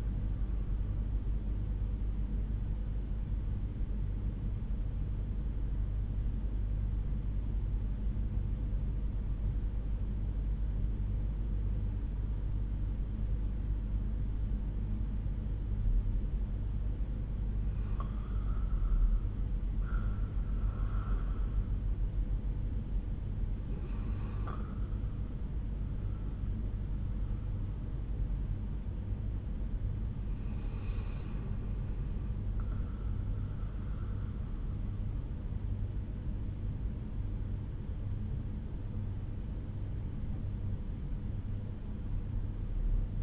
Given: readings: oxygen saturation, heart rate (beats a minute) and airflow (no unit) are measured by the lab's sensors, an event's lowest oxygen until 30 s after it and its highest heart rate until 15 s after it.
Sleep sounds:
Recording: breathing in sleep by a smartphone at the bedside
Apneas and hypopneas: 1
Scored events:
3.00-19.20 s: hypopnea (REM, oxygen 73% highest, then 68% lowest, heart rate 89 at the start, 89 highest)
From the record:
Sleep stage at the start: REM sleep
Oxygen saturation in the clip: 68 to 95%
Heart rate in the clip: 62 to 89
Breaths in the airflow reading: 4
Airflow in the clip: -7.4 to 7.6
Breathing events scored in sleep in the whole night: 368 in 8.0 hours asleep

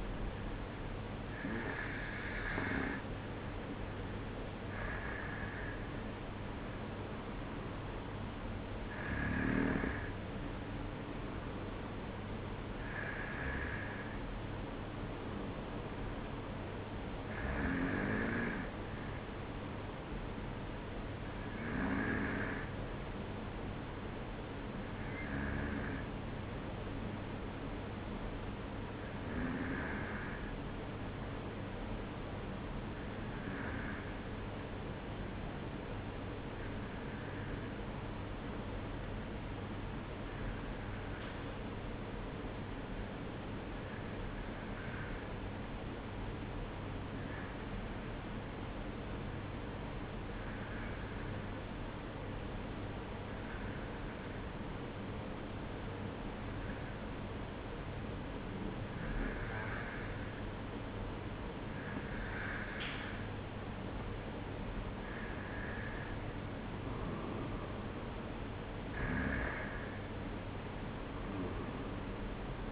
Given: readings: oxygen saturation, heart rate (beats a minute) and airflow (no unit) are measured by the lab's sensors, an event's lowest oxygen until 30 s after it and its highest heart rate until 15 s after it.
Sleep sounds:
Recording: breathing in sleep by a voice recorder at the bedside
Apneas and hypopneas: 1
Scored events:
33.00-65.30 s: hypopnea (N2, oxygen 95% highest, then 92% lowest, heart rate 52 at the start, 58 highest)
From the record:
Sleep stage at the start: N2 (light sleep)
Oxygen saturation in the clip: 93 to 95%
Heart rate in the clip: 52 to 57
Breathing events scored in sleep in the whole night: 305 in 9.6 hours asleep

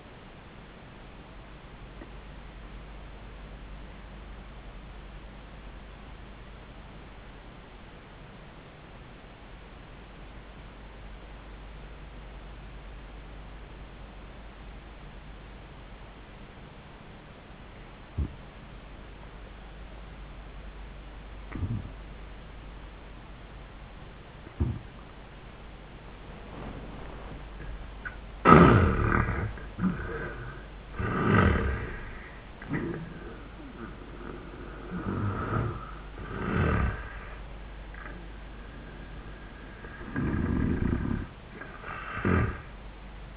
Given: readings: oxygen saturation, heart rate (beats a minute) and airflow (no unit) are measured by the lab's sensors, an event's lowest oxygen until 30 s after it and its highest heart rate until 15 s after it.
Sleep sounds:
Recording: breathing in sleep by a voice recorder at the bedside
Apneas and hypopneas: 1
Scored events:
3.00-28.60 s: obstructive apnea (N1, oxygen 97% highest, then 79% lowest, heart rate 89 at the start, 99 highest)
From the record:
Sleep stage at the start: N1 (lightest sleep)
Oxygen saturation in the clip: 82 to 97%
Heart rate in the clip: 80 to 100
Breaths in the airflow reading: 3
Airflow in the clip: -17.5 to 11.3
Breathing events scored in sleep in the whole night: 400 in 8.7 hours asleep

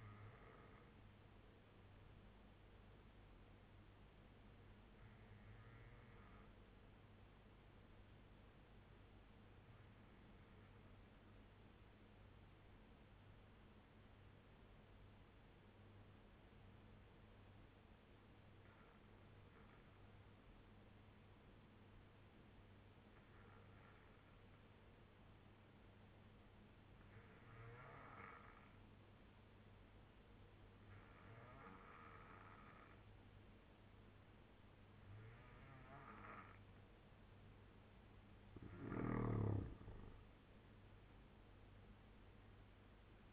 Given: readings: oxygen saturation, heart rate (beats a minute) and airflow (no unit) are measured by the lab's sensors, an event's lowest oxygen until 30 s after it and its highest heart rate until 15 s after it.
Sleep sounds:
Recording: breathing in sleep by a voice recorder at the bedside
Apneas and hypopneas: 1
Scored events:
11.00-30.80 s: obstructive apnea (N2, oxygen 95% highest, then 85% lowest, heart rate 70 at the start, 81 highest)
40.00-43.33 s: new sleep stage, N1 (lightest sleep)
From the record:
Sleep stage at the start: N2 (light sleep)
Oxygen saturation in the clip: 88 to 95%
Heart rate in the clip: 68 to 81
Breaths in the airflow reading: 3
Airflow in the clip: -6.1 to 6.4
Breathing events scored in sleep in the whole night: 201 in 6.5 hours asleep

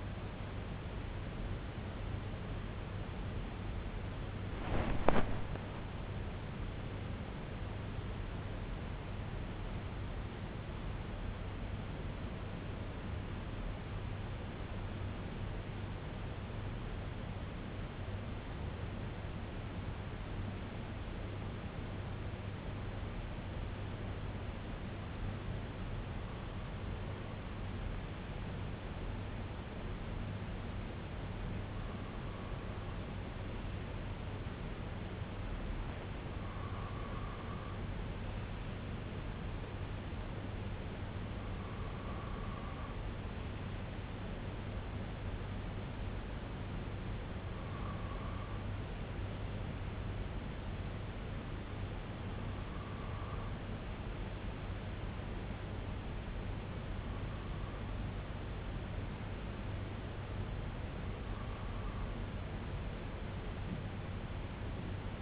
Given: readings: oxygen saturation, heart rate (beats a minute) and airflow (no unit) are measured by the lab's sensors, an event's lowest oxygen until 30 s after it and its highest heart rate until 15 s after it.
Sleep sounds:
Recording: breathing in sleep by a voice recorder at the bedside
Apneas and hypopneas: 1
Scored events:
0.00-23.00 s: awake
13.00-31.00 s: hypopnea (scored as awake, oxygen 96% highest, then 92% lowest, heart rate 59 at the start, 68 highest)
22.00-65.21 s: new sleep stage, N1 (lightest sleep)
From the record:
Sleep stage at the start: awake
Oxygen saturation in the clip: 92 to 97%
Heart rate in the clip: 58 to 91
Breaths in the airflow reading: 12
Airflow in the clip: -9.5 to 10.3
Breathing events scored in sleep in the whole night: 258 in 7.4 hours asleep

